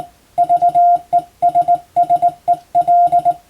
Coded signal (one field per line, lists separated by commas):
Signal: Morse code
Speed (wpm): 21 wpm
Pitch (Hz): 700 Hz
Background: none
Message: VESSEL